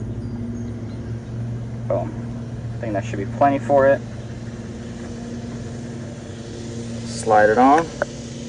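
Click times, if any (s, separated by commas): none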